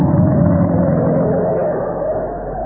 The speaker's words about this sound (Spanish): El pequeño auto avanzó por las solitarias calles y pronto los azules ojos de Calimán descubrieron al pequeño Solín en una esquina.